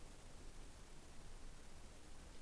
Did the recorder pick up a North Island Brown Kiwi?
no